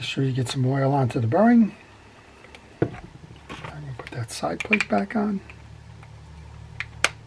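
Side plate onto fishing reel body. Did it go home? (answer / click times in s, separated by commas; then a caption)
yes / 7.0 s. Someone talks while servicing a Daiwa Regal 2500 spinning fishing reel, then the side plate carrying the freshly oiled bearing is pressed back onto the reel body. A few faint handling clicks follow, then the side plate goes on with a sharp snap at 7.0 s, seating it in place.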